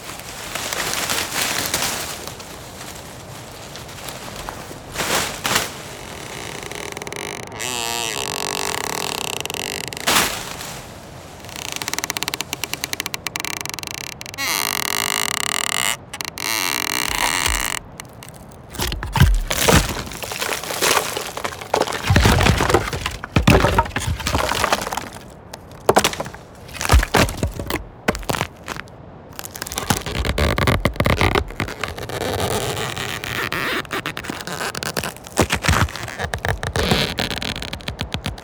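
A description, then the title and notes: Wood creaks, cracks and breaks in a busy sequence, with handling noises and crunching throughout. Sharp snaps cluster in the second half, especially around 18–30 seconds, as pieces split and fall. Brief quieter gaps separate the bursts. From breaking, creaking, cracking, handling and falling sounds, to subtle leaf crunches, rustling foliage and wood impacts. Forest sound effects.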